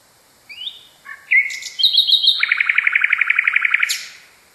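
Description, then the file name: Common nightingale song beginning with rising whistles, then a buzzy trill, then a rapid throbbing run of many repeated notes finishing in a high sharp flick. Song variation. "kicauan nightingale a variasi. omkicau"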